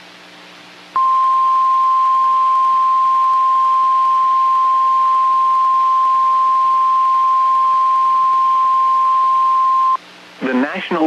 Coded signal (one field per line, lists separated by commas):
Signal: Emergency Alert System (SAME) tones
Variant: 1050 Hz attention tone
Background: speech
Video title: Severe Thunderstorm Watch #98 [EAS #426]